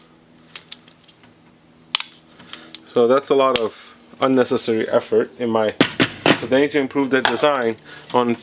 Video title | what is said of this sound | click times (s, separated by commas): Budget angle grinders, are they worth it? | you have to push it up lock it into here that snap | 2.0 s